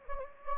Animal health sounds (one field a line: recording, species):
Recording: mosquito wingbeat signal from an infrared sensor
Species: Anopheles gambiae